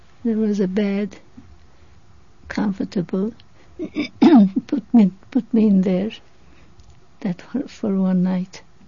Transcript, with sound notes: There was a bed. Comfortable. (she clears her throat) Put me, put me in there that, for one night.